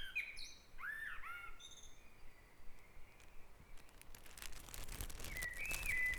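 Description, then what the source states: Bird song with clear whistled, slurred phrases in the opening seconds, then a quieter gap and a further whistled phrase near the end, over faint background noise. Dawn chorus recorded at Back Dragon Avenue, Harrogate, as part of a sound map of Harrogate.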